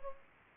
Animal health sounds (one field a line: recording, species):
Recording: mosquito wingbeat signal from an infrared sensor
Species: Culex pipiens